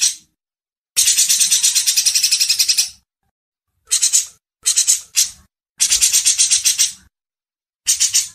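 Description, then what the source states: Grey-cheeked Bulbul uttering bursts of rasping, rapidly repeated notes, some runs long and others short, with gaps of silence between them. Masteran tutor recording for training songbirds.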